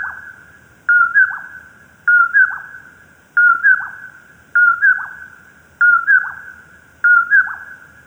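Common poorwill repeating a mellow whistled two-note phrase with a soft falling tail, roughly every 1.2 seconds, six times against a quiet background.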